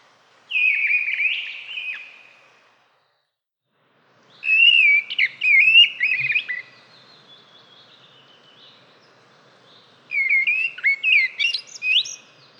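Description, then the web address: Bird song in three bursts of whistled, warbling phrases around mid-high pitch, with varied slurred notes and short pauses between phrases. "fagelljud"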